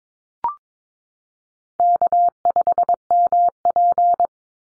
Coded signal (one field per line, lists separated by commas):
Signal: Morse code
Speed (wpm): 22 wpm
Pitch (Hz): 700 Hz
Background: none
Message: K5MP